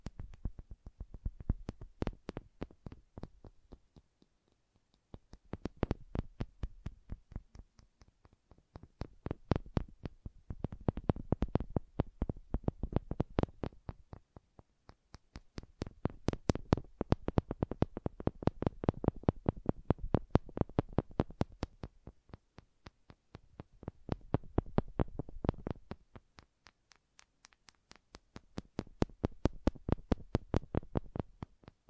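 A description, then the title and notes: Wooden taps and clicks come in quick, crisp bursts, each run lasting several seconds before a short pause. The taps are sharp with a dry, woody knock, swelling and fading in loudness in waves about every five seconds over a quiet background. ASMR Calming Wood Triggers for Sleep (No Talking).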